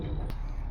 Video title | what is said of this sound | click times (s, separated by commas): Doing Strange Things With Trucks Is My Specialty | There it is, locked in place. | 0.3 s